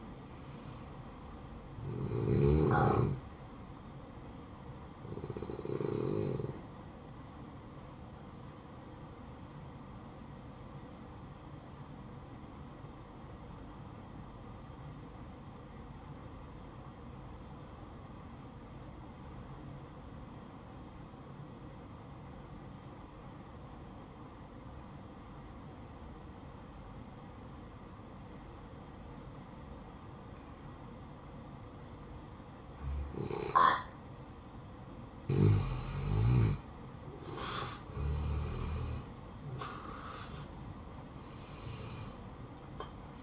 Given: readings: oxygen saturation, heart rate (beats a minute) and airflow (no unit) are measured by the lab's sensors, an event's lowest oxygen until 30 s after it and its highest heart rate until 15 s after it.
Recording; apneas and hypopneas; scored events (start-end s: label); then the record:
breathing in sleep by a smartphone at the bedside; 1
7.00-39.30 s: hypopnea (N1, oxygen 96% highest, then 86% lowest, heart rate 59 at the start, 70 highest)
From the record:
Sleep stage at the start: N1 (lightest sleep); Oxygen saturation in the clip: 88 to 96%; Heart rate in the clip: 54 to 67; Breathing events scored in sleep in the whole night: 573 in 9.8 hours asleep